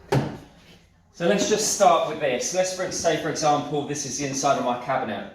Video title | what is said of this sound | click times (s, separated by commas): Trend Pocket Hole Jig - BEST BUDGET BUY EVER!!! - In Top 5 Workshop Tools - EP#31 | And there you go, it just locks into place. | 0.1 s